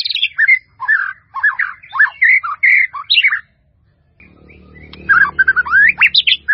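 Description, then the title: White-rumped Shama song of varied whistled and slurred phrases, rising and falling, with a short pause before a faster burst of sweeping notes over low background rumble. "murai batu"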